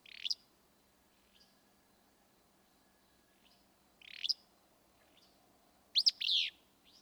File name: Willow Flycatcher